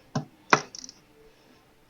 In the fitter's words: so it popped into place right